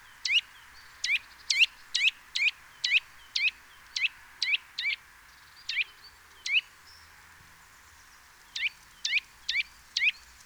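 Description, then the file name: Eurasian nuthatch giving a run of sharp repeated call notes about twice a second, a long pause, then more notes. "Sitta europaea"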